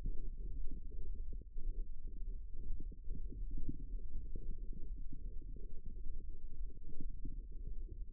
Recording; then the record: forearm muscle sounds (acoustic myography)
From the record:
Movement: wrist extension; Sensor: system 1, eight BSWA MPA416 microphones around the upper forearm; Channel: 8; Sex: female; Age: 21 years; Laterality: right